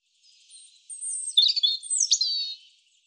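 European robin song: a soft opening note, then a high, tumbling sequence of sliding whistles and sharp twittered notes, with no other sound.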